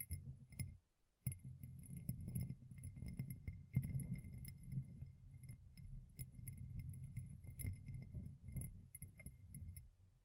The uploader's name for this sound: Gem Covered Fingertips Tapping and Scratching